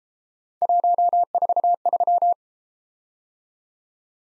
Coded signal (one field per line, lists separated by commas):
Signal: Morse code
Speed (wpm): 32 wpm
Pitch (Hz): 700 Hz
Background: none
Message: 143